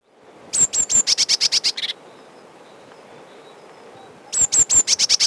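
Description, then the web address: Eurasian blue tit song: two bursts of high thin notes, a few descending whistles then a fast run of trilled notes, with a quiet gap between them. Recorded in spring. "vremena vesna 22 sinica lazorevka"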